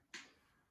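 A pen cap is pushed back onto the barrel of a felt-tip pen, or a similar drawing tool, after drawing a smiley face. A single sharp, short click sounds at 0.1 seconds as the cap seats and clicks shut, with a brief bright ring that fades over the next few tenths of a second.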